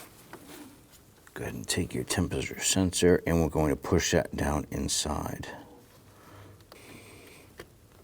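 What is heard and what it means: An air charge temperature sensor for a 1999-2004 Jeep Grand Cherokee is pushed down into the intake manifold bore and lined up so it drops in, before it is twisted to lock. Someone talks through most of the clip, with a few short handling knocks near 0.3, 1.3, 6.6, 6.7 and 7.6 seconds. Nothing has seated or clicked yet.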